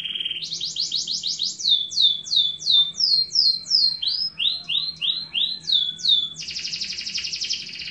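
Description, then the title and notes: Atlantic Canary song with a rapid buzzy trill, then a series of sweeping downslurred whistles and rounded notes, ending in a harsh buzzy trill. Master song for training canaries, described as a solid master. "Suara Burung Kenari Masteran. master suara burung kenari mantap"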